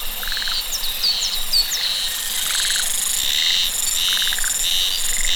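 Cicada chorus, loud high buzzes in repeated blocks over a continuous hiss, with quick curling chirps early on and a pulsed lower trill recurring.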